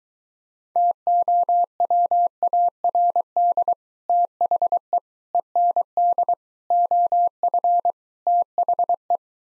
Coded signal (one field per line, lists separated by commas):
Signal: Morse code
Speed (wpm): 23 wpm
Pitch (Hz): 700 Hz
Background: none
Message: TOWARD THE END OF THE